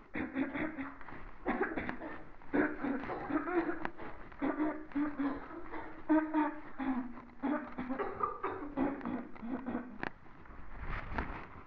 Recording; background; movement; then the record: throat clearing; a bystander coughing; walking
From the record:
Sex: female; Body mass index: 36.4 kg/m2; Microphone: on the chest, facing the body